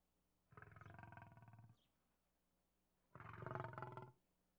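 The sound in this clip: Lion growling twice, two drawn-out rasping growls separated by a short pause, the second louder, with a low steady hum underneath.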